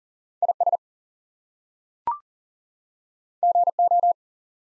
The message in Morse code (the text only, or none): IS GO